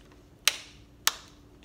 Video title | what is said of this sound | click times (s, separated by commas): How to grease the headset of a bicycle | hear that click that means i'm at 60 inch pounds on that bolt | 0.5 s, 1.1 s